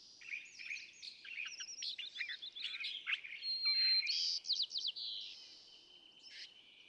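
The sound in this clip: California thrasher song, a long run of varied whistled and scratchy phrases with quick trills, growing louder mid-way then softening toward the end.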